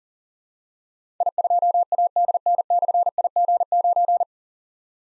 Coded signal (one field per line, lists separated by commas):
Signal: Morse code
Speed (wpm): 37 wpm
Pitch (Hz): 700 Hz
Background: none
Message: I2ADN/IG9